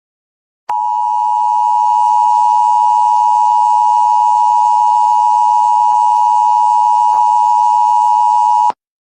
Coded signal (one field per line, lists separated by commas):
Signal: Emergency Alert System (SAME) tones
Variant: 853 and 960 Hz attention tone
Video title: (10-2-2022) EAS high wind warning on New Jersey and Delaware #emergencyalert